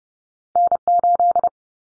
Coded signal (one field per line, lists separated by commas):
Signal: Morse code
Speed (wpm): 30 wpm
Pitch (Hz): 700 Hz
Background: none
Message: N8